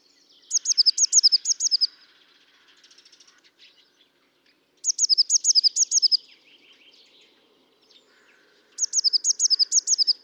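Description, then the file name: Eurasian blue tit giving three bursts of quick, high, sharp notes, the first two followed by softer buzzy chatter, repeating roughly every four seconds. "Cyanistes caeruleus"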